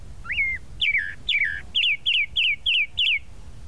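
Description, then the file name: Tropical mockingbird song: a slurred rising whistle followed by a steady run of repeated, clear descending chirps, about three per second. "Canto-do-Sabiá-da-Praia"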